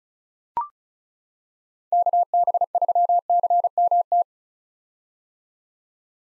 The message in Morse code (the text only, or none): KB3CMT